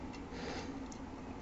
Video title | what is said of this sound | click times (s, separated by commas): Review : DDT Mosin Nagant Muzzle Adapter | then it clicks into place and this little Spring right here | 0.9 s